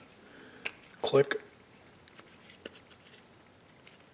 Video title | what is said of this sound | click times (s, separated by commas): 1973 Trans Am Engine Wiring Harness Fix Points to HEI Ignition | to get this plug back in with a nice positive click | 0.7 s